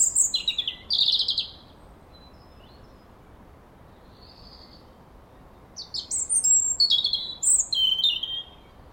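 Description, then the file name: European robin delivers a brief high warble, pauses several seconds with a faint soft note, then sings a longer phrase of sliding, tinkling whistles. "Erithacus rubecula"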